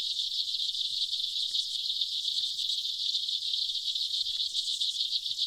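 Aquatic insects in a continuous high buzzing chorus, finely crackling and level throughout.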